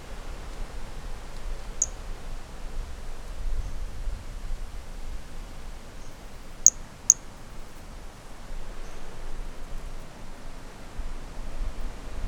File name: Brachycephalus mirissimus 15 jan 2018 individual 09 ex 03 30 cm with wind M R Bornschein